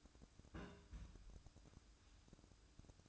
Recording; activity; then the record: daily activity, microphone in the room; place on stove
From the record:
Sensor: 2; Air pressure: 1007.8 hPa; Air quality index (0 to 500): 103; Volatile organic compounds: 1 ppm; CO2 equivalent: 776 ppm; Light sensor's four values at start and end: 6/15/6/6 and 6/15/6/6